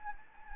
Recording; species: mosquito wingbeat signal from an infrared sensor; Anopheles gambiae